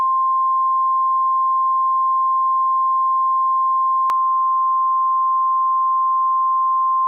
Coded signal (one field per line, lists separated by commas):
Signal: Emergency Alert System (SAME) tones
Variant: 1050 Hz attention tone